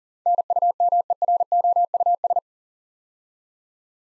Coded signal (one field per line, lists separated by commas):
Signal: Morse code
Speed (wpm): 43 wpm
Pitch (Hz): 700 Hz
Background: none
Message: NUMEROUS